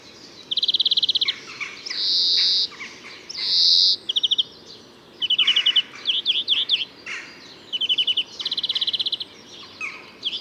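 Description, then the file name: European greenfinch giving rapid twittering trills, long nasal wheezes, and bursts of quick chirps, alternating in a busy stream over ten seconds. "Chloris chloris"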